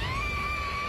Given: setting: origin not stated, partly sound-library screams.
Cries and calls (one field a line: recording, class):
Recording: one-second piece from a danger detection set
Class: woman in danger